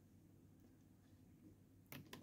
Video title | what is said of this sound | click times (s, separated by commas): Poly-lamp prototypes: using technology to make a pretty looking, modular and innovative lamp | so now it snaps into place and it | 1.9 s, 2.1 s